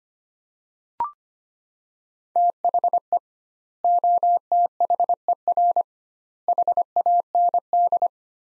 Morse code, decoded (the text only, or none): THE OTHER HAND